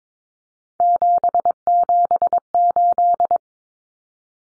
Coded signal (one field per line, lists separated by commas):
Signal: Morse code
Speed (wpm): 22 wpm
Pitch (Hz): 700 Hz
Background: none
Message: 778